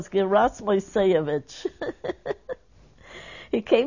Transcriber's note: she laughs